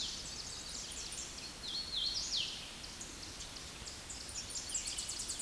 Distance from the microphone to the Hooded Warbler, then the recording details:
about 20 m. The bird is about 5 m above the microphone. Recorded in a Pennsylvania forest on 16 May 2024 at 07:58. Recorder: AudioMoth, point MSD-2181. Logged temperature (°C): 12.8 °C. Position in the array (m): 142 m, 101 m